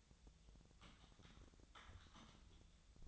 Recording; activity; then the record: daily activity, microphone in the room; typing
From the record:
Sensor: 3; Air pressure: 1009.4 hPa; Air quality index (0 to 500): 196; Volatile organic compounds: 16 ppm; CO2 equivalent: 2552 ppm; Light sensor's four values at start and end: 35/87/37/40 and 35/87/37/40